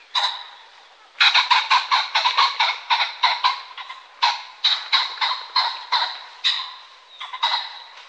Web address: Faglar Sound Fasan